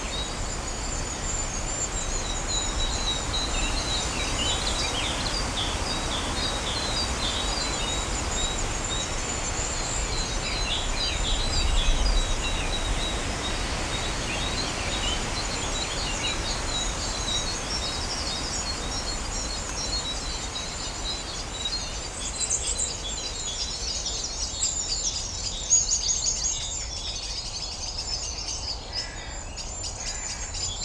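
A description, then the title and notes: Dawn chorus of many birds chirping and trilling steadily over a constant low rumble, with a brief louder swell near twelve seconds. Here the wave of silence is traced through recordings of the dawn chorus, made each day throughout the early summer.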